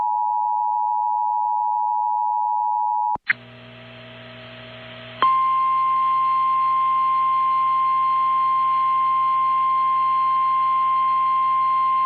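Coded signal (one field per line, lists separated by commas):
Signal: Emergency Alert System (SAME) tones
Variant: 853 and 960 Hz attention tone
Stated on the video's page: Severe thunderstorm warning from NOAA Weather Radio relayed by KCCU FM.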